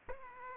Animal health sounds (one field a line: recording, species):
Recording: mosquito wingbeat signal from an infrared sensor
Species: Aedes aegypti